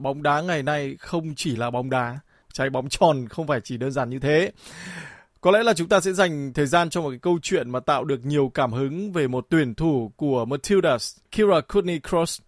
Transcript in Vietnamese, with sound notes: Bóng đá ngày nay không chỉ là bóng đá, trái bóng tròn không phải chỉ đơn giản như thế. [tiếng hít vào] Có lẽ là chúng ta sẽ dành thời gian cho một cái câu chuyện mà tạo được nhiều cảm hứng về một tuyển thủ của Matildas, Kyra Cooney-Cross.